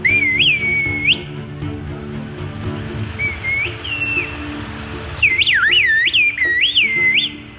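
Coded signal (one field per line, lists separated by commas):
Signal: whistled language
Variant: Turkish kuş dili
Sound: loud gliding whistles swooping up and down, in phrases with pauses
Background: low background hum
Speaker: E é exatamente isso que parece, o som de uma aldeia inteira conversando como se fossem pássaros.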